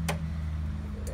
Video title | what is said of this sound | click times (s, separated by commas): Mac Wagon with Table - Beach Cart/Wagon | how the Stan works pops into place | 0.1 s